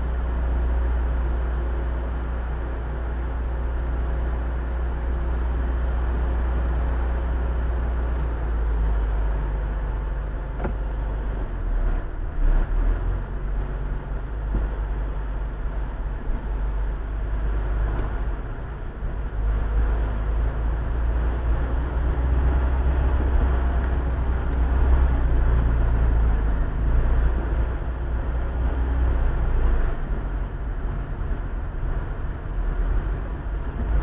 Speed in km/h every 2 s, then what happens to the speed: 1, 0, 1, 0, 0, 0, 3, 4, 5, 7, 8, 11, 12, 13, 13, 18, 18.
0-11 standing. 11-34 pulls away to 18.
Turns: none.